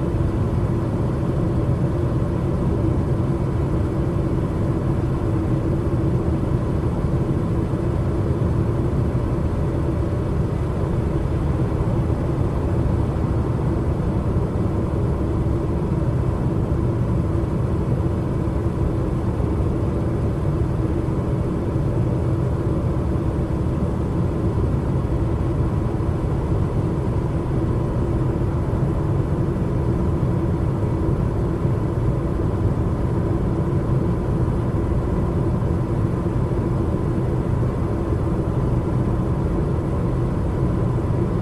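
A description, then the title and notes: Car driving sounds form a steady, unbroken low rumble from start to finish, heavy in the low end with a softer hiss above. Faint tonal hums sit within the drone, and the level stays even throughout with no distinct events. White Noise Car Driving Sounds.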